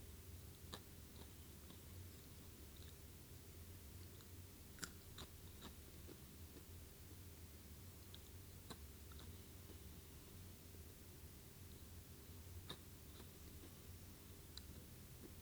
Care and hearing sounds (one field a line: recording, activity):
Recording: daily activity, guitar pickup as the sensor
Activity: eat